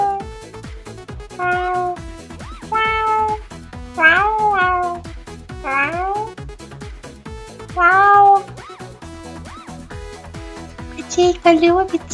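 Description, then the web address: Cat giving several repeated meows spaced over the stretch, some sliding upward then down, with a constant rhythmic clicking underneath. "rinakotmyaukane"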